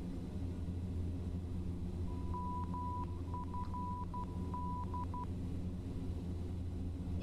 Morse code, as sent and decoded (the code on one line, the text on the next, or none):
-- ..-. -..
MFD